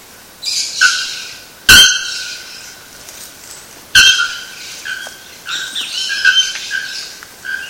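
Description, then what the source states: Bare-throated bellbird giving sharp, clanging metallic strikes with a tonal ring, mixed with softer repeated notes and hissing sounds. Recorded at Sítio Cachoeira, Mogi das Cruzes, São Paulo state, Brazil, on 7-2-15.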